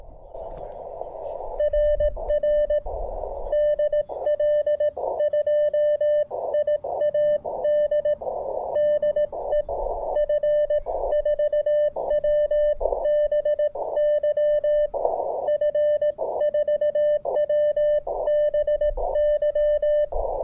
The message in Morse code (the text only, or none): RR DL2IAD DE F4WBY F4WBY